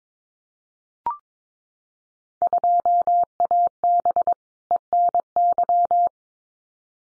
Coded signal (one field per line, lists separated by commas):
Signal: Morse code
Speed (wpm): 22 wpm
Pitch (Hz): 700 Hz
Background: none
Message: 2AB ENY